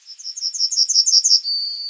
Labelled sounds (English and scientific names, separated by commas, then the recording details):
Yellowhammer (Emberiza citrinella) song
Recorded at under 5 m from the bird
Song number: 021